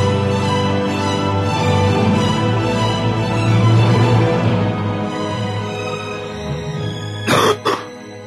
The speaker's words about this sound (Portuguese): O cara tossiu no final da vinheta, mano. Pelo menos foi no final, velho. Não foi no meio da vinheta.